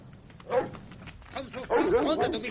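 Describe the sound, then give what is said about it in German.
A dog barks as it jumps out of a camper van and runs toward an oak tree: one sharp bark, then a quick run of louder, rough yapping barks that trail off, over a low steady background hum. “Plötzlich springt ein Hund aus dem Campingwagen und läuft auf die Eiche zu”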